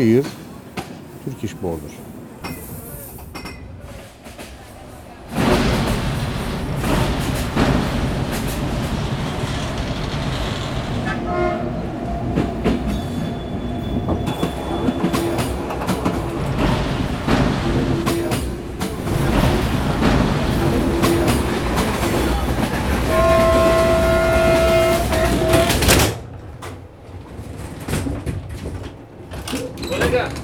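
An old train rolls along with a dense, steady low rumble and rattling of the carriage. A quieter stretch opens the clip before the noise jumps up at about five seconds, with brief squeals and whines near 23 seconds, then drops back around 26 seconds.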